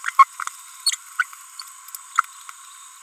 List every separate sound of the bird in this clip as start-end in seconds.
0.04-0.10, 0.19-0.24, 0.87-0.95, 1.19-1.23